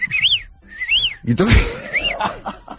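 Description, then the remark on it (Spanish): Someone whistles an imitation of a female bolet's mating call, used as a lure to attract the male: three high, arching rise-and-fall whistles, with a short burst of rough, noisy sound between the second and third. “Es el silbido que produce el bolet femella.”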